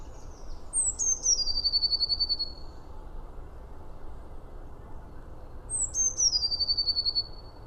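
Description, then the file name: Eurasian blue tit calls twice, each a piercing falling note leading into a rapid buzzy trill, with steady low background noise between. "Cyanistes caeruleus"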